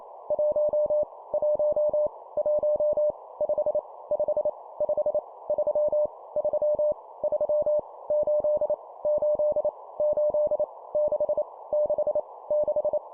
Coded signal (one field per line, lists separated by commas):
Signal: Morse code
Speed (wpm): 28 wpm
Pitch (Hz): 600 Hz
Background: none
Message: 1 1 1 5 5 5 3 3 3 8 8 8 6 6 6